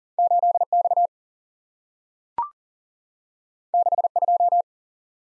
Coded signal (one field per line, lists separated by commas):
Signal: Morse code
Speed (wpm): 40 wpm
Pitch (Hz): 700 Hz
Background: none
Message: 8 X 6 2